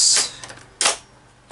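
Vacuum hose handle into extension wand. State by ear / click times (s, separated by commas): seated / 0.8 s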